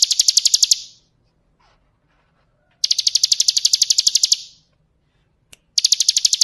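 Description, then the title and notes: Bar-winged Prinia song: high, rapid trilled bursts of evenly pulsed notes, three phrases separated by silent pauses, the last cut short. Ngebren song style, used as a training recording for White-rumped Shamas. "Suara burung ciblek - Suara Nada"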